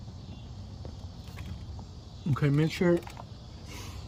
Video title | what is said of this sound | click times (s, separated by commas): Chevy Tahoe Heater Hose Repair | i didn't feel a click | none